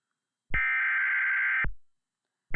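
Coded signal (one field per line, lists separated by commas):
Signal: Emergency Alert System (SAME) tones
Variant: header bursts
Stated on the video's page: Mock EAS tones made with EASyPLUS.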